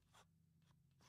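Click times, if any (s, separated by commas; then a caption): none. A pistol is handled as it is being put into a retention holster, with a few short scraping, rustling bursts over low background hum. The pistol has not locked into the holster retention yet, so nothing has seated or clicked.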